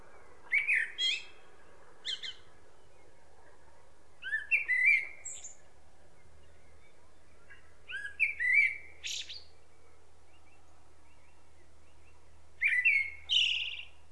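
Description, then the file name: Common blackbird: series of fluting, warbled phrases every few seconds, each tailing off in a scratchy high twitter, with a low hum in the background. "Turdus merula"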